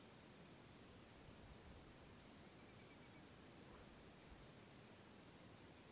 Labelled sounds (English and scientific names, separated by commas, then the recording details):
Eurasian Whimbrel (Numenius phaeopus)
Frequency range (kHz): Eurasian Whimbrel (Numenius phaeopus) 2.2-2.5 kHz
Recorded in France